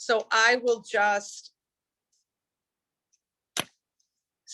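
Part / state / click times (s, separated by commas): magnetic stencil holder frame halves around a stencil / seated / 3.6 s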